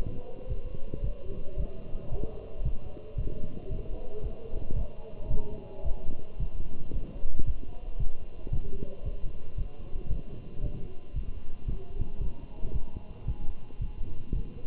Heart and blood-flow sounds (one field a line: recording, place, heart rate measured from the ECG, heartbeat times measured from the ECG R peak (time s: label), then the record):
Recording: heart sounds by stethoscope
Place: between the tricuspid and mitral areas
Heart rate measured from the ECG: 113 bpm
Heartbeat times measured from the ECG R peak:
0.50 s: heartbeat
1.04 s: heartbeat
1.58 s: heartbeat
2.12 s: heartbeat
2.65 s: heartbeat
3.18 s: heartbeat
3.71 s: heartbeat
4.24 s: heartbeat
4.77 s: heartbeat
5.31 s: heartbeat
5.85 s: heartbeat
6.40 s: heartbeat
6.94 s: heartbeat
7.47 s: heartbeat
8.00 s: heartbeat
8.53 s: heartbeat
9.06 s: heartbeat
9.58 s: heartbeat
10.11 s: heartbeat
10.63 s: heartbeat
11.16 s: heartbeat
11.68 s: heartbeat
12.22 s: heartbeat
12.74 s: heartbeat
13.28 s: heartbeat
13.82 s: heartbeat
14.35 s: heartbeat
From the record:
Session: walking at 3.7 km/h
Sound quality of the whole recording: good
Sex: male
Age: 27 years